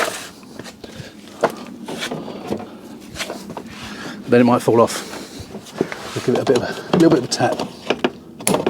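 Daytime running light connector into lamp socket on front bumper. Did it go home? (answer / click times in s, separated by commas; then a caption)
yes / 8.5 s. Someone talks while the daytime running light wiring plug is pushed onto its lamp socket on the front bumper of a 2016 Fiat 500 Lounge, then given a light tap to seat it. A series of small knocks and taps follows, ending in a sharp click at 8.5 s as the connector seats.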